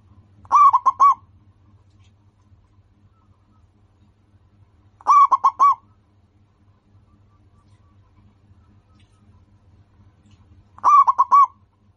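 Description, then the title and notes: Zebra dove cooing song, a short burst of rapid, even coos repeated roughly every five seconds, three phrases in all, with silence between. Local-strain zebra dove singing actively and often, described as having a loud, clear, crystal-like voice. "PERKUTUT LOKAL GACOR Suara KRISTAL LANTANG. Kicau Burung Perkutut"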